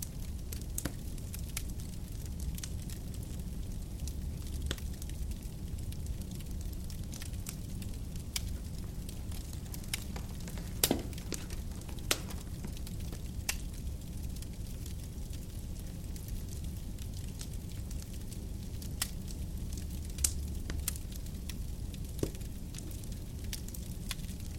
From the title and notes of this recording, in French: Au coin du feu. Bercé par les sons de la nature.